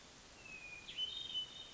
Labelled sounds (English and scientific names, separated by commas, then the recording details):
Hermit Thrush (Catharus guttatus)
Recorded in Sonoma County, California